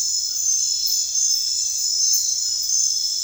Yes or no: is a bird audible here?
no